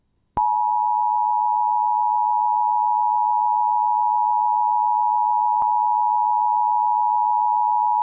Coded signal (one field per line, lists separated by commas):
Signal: Emergency Alert System (SAME) tones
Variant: 853 and 960 Hz attention tone